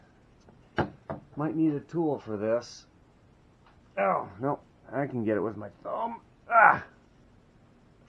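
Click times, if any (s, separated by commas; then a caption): none. Someone talks while pushing a gantry part through a frame mounting hole of a Genmitsu LE5040 laser engraver kit with a thumb instead of a tool. The part is still not all the way in, needs more force and later an Allen wrench, and nothing has seated or clicked yet.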